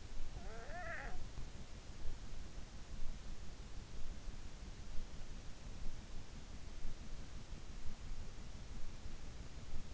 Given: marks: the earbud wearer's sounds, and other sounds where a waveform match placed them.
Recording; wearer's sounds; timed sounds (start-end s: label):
sounds in sleep by an in-ear microphone; snoring breath
0.00-1.59 s: snoring breath